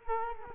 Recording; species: mosquito wingbeat signal from an infrared sensor; Culex quinquefasciatus